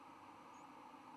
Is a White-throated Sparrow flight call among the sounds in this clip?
no